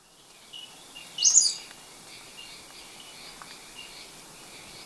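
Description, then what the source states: Yellow-bellied chat-tyrant call: a single brief, very high, thin note, with fainter notes in the background. Recorded in Ecuador.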